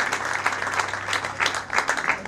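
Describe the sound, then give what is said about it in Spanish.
A crowd of party supporters in La Plata applauds the new mayor of La Plata, Julio Gardo, steadily, dense overlapping claps forming a continuous wash of sound with slight swells, loud and sustained throughout, with no clear voices. “Te quiero pedir también a toda la militancia un fuerte aplauso para el nuevo intendente de la ciudad de La Plata, Julio Gardo, que ganó la ciudad de La Plata.”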